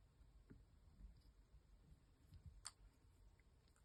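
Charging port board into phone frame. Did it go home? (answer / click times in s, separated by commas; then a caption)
partly / 2.7 s. The USB-C charging port and SIM tray board of a Samsung Galaxy S21 Ultra is dropped into the phone's frame, landing with a single sharp tick at 2.7 s over faint low rumble. The board drops in but is not fully seated yet.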